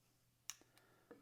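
The last of three small plastic retaining clips holding the inner cover of a tracker tag housing is pried loose to expose the speaker inside. It pops open with a sharp, bright click at 0.5 s, followed by two fainter ticks around 0.8 s and 1.1 s. The clip is released.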